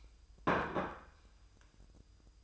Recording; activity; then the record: daily activity, microphone in the room; place plate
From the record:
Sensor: 2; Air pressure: 988.5 hPa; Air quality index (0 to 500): 192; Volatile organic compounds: 191 ppm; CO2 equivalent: 4182 ppm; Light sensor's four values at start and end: 19/65/25/24 and 19/65/25/24